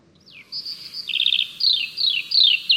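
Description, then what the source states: Eurasian Skylark song: a fast, high warbling stream of rolling trills and repeated downslurred whistles. A rather long song; likes to sing over fields; played at original speed.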